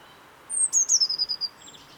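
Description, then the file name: Eurasian blue tit giving a high, thin descending whistle that breaks into a short series of rapid, evenly spaced clipped notes, with faint hiss behind. "Cyanistes caeruleus"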